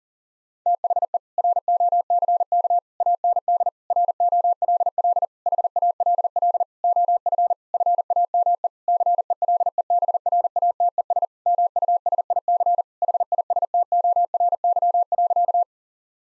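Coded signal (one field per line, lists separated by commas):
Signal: Morse code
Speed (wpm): 40 wpm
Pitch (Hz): 700 Hz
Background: none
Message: THE ROCK AND ROLL HALL OF FAME CELEBRATES MUSIC HISTORY.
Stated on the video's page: Morse practice at 40 wpm: sentences of common seven-word phrases, each sent, spoken, then sent again.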